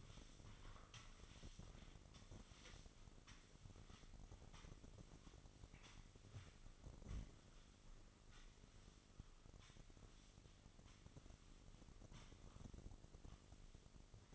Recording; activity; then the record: daily activity, microphone in the room; sweep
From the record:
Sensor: 4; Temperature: 27.1 degrees Celsius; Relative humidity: 35.2%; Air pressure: 1003.9 hPa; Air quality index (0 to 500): 149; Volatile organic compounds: 2 ppm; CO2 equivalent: 1064 ppm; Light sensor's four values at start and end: 18/42/17/19 and 18/42/17/19